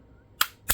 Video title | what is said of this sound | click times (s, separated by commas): First look at a CZ P09c Is it Worthy? | There you go. You heard it snap in. It's flush. | 0.4 s